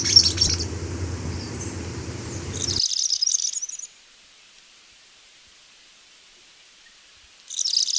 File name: Canto do fura flor preto